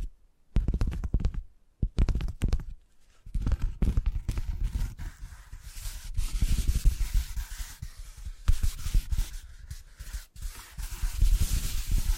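Tingly tapping sounds, quick irregular taps and soft rubbing that start sparse with brief silences, then grow denser and brighter after four seconds.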